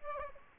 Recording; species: mosquito wingbeat signal from an infrared sensor; Aedes aegypti